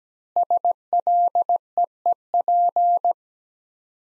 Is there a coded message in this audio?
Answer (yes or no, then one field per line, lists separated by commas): yes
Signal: Morse code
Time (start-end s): 0.4-3.1 s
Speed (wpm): 17 wpm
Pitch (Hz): 700 Hz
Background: none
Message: SLEEP